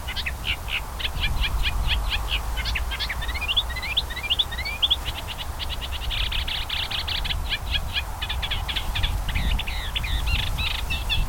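Sedge warbler in long continuous song: a harsh rapid chatter of clicks and churrs broken by sweeping whistles and buzzy trills, over a low steady rumble.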